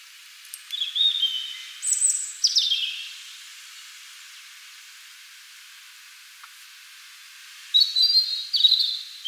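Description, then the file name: European robin song with high, thin sliding whistles and trills in two short phrases separated by several seconds of near silence. "Erithacus rubecula"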